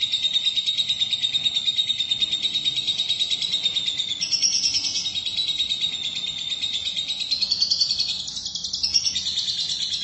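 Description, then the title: Lovebird chattering song, a long high buzzy twitter with a faint whistled tone, pulsing quickly and wavering in pitch, briefly softening near the end. "BM Suara Burung Lovebird"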